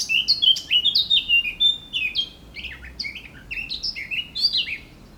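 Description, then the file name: Eurasian blackcap warbling a continuous stream of quick, bright notes that rise and fall, some ending in short downward whistles. "Sylvia atricapilla"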